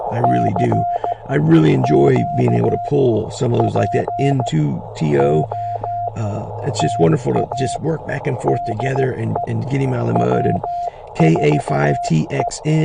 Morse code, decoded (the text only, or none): CQ POTA DE W4E